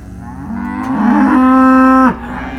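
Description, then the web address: Cow giving a single drawn-out moo, rising then holding steady for about a second before stopping abruptly. Cows and calves, described as disconsolate, recorded in December. "dec 19 disconsolate cows and calves"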